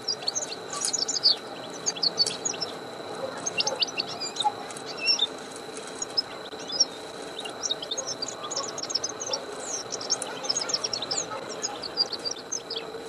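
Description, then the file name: European goldfinch giving a continuous, tinkling twitter of quick, high, liquid notes in dense bursts, with a steady faint whine and low background hum underneath. "Carduellus carduellus"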